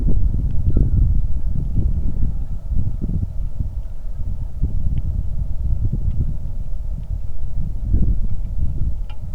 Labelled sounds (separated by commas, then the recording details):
bird, wind
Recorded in the Arctic National Wildlife Refuge, Alaska, on 3 August 2019 at 09:08
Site 46